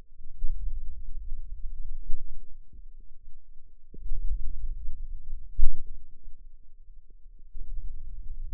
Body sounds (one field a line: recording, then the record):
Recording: forearm muscle sounds (acoustic myography)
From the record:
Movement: hand opening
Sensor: system 2, bracelet of six BSWA MPA416 microphones around the upper forearm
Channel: 1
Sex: female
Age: 21 years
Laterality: right